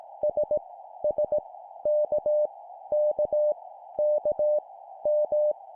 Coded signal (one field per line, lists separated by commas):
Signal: Morse code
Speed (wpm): 18 wpm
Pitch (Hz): 600 Hz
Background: none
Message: S S K K K M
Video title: 17wpm Repeat three times Random Letter, cw morse code